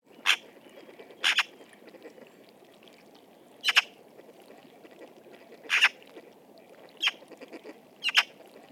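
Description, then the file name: Eurasian magpie uttering short, dry, harsh chack calls, spaced irregularly about one to two and a half seconds apart, some doubled, against steady low background noise. "Pica pica"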